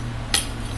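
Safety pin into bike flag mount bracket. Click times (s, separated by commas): 0.3 s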